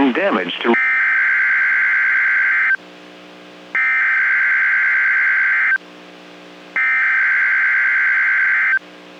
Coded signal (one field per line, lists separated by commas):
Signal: Emergency Alert System (SAME) tones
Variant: header bursts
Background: speech